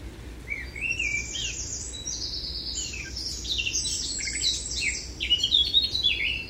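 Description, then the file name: Eurasian blackcap song: continuous rich warbling with rising and falling notes and a few clear whistled elements, over steady low background noise. "Sylvia atricapilla"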